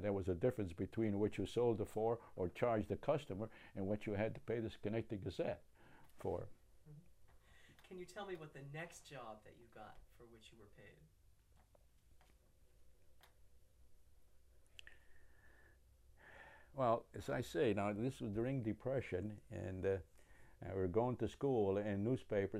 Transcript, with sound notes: There was a difference between what you sold it for or charged the customer, and what you had to pay the Schenectady Gazette for.
Uh-huh. Can you tell me what the next job that you got for which you were paid?
[deep breath] Well, as I say, now this is during the Depression and we were going to school and newspapers.